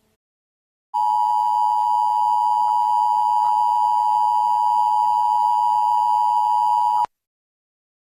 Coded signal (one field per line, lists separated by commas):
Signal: Emergency Alert System (SAME) tones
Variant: 853 and 960 Hz attention tone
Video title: EAS Mock #3: (3/18/2019)